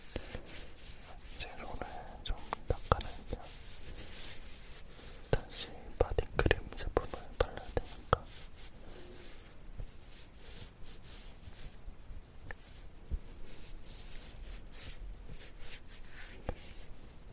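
Body cream being applied: soft sticky smacks and squishes cluster in the first eight seconds, then sparse quiet taps.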